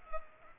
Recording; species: mosquito wingbeat signal from an infrared sensor; Culex pipiens